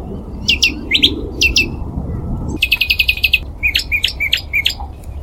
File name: audio lichmera indistincta